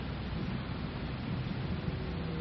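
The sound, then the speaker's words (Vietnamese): Heavy rain pours onto tree leaves during a funeral procession, a steady, dense hiss with a low rumble underneath, holding an even loudness throughout without pauses or voices. “Đám tang đi trong cơn mưa tầm tã.”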